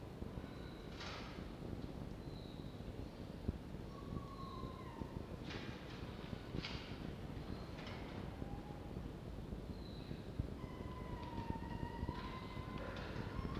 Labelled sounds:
Red Fox
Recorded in captivity
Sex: female
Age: adult
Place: Zoologisches Institut der HUB, Berlin, DE
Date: 1952-05-15
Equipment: Elmetra
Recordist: Tembrock, Günter

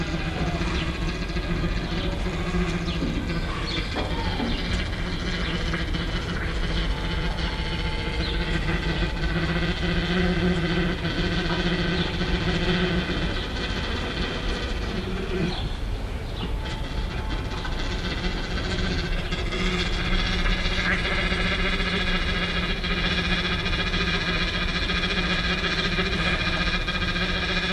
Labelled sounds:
Sloth Bear call
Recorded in captivity
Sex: female
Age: adult
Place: Zoo Leipzig, Sachsen, DE
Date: 1980-07-09 15:05
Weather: overcast, partly sunny, 18-20°C
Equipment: Uher CR 210, Sennheiser MD 421 HL, Verstärker, Kopie Uher 4200
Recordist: Tembrock, Günter

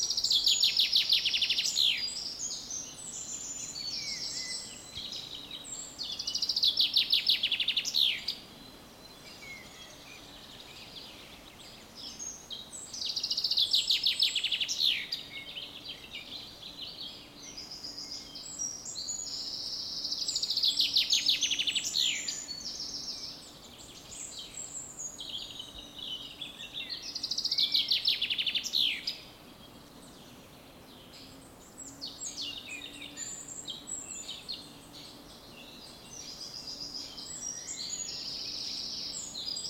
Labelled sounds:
Eurasian Wren
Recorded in the wild
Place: Mühlenbeck, Brandenburg, DE
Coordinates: 52.667, 13.37
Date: 1992-06-08 10:39
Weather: sonnig (heiter) 21-22°C, böiger Wind
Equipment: Nagra SN, Mikrofon AKG CK 8, Kopie Tesla B 116
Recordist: Tembrock, Günter

